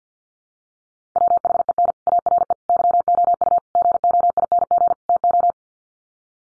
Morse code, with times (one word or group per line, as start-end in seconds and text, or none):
1.2-1.9 WHEN
2.1-2.5 ARE
2.7-3.6 YOU
3.8-4.9 GOING
5.1-5.5 TO